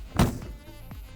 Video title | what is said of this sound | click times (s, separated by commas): MMM TV: Episode 2 | should be locked I heard it click so that's | 0.2 s